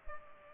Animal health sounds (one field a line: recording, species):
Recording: mosquito wingbeat signal from an infrared sensor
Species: Culex pipiens